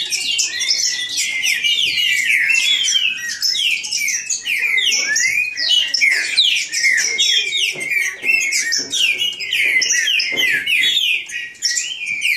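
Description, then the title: Green-winged saltator song: dense stream of overlapping whistled downslurs and chips, with hardly a break. Bird named Nicão singing in the woods, in a song contest with a free wild bird. "Trinca Ferro NICÃ O No Mato Disputando Com Solto"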